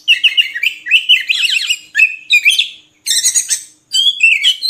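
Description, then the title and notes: Oriental magpie-robin song, quick chattering and warbling phrases mixing scratchy notes with bright whistles, broken by short pauses. Song meant for training kept birds to sing day and night. "Kacer Jadi Gacor Siang Malam. Isian Kacer Durasi Panjang"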